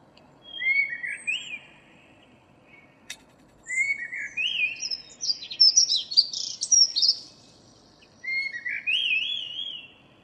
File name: Turdus merula